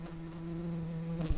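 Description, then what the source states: Red-tailed bumblebee buzzing with a steady, low, even hum, ending in a short knock. Workers.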